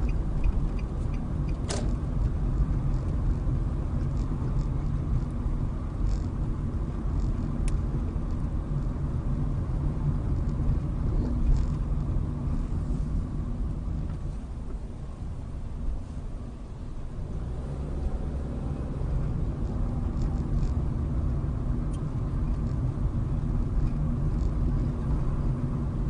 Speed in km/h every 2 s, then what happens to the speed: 26, 27, 26, 26, 26, 24, 16, 11, 18, 26, 27, 27, 29.
0-9 steady at about 26. 9-13 brakes to 11. 15-19 speeds up to 27. 19-26 steady at about 27.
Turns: none.